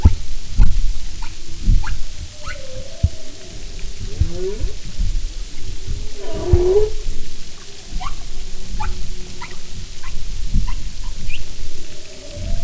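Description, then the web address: Humpback whale calls: soft wavering tones and a brief swooping groan midway, amid steady underwater clicks and crackling. "Sound and Marine Mammals humpback"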